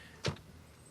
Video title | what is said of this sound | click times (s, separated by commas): The ultimate luxury SUV? Mercedes GLS 600 Maybach V8 FULL REVIEW | there's a nice click between | 0.2 s